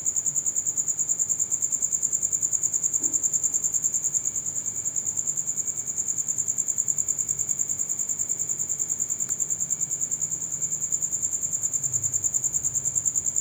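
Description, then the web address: Insect giving a continuous high-pitched pulsed trill, pulses repeating evenly several times a second throughout, with a faint low rumble beneath. "Insect Set 459"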